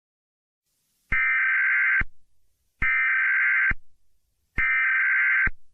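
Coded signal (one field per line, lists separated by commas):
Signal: Emergency Alert System (SAME) tones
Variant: header bursts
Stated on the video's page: Fictional mock alert scenario made with editing software and text-to-speech; entirely fake.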